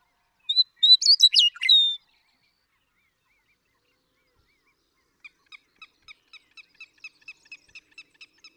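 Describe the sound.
Western meadowlark sings one bubbling whistled phrase; a few seconds later a faint series of quick ticking notes follows.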